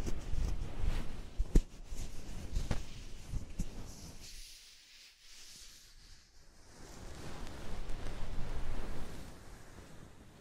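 Soft, fluffy ASMR triggers brushed and rubbed against the ear, a dense, muffled rustling with a few sharp taps in the first four seconds. Around the fourth to sixth second the sound thins to a quiet hush, then the fuzzy rubbing returns and continues steadily.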